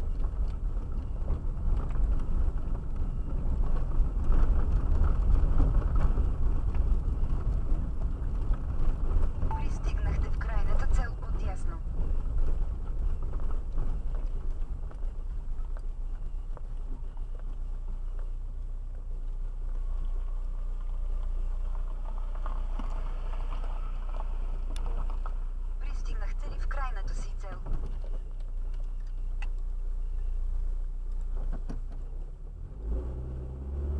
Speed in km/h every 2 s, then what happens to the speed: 25, 24, 23, 21, 18, 15, 9, 6, 0, 0, 0, 0, 0, 0, 0, 0, 2.
0-16 slows to 0. 16-34 standing.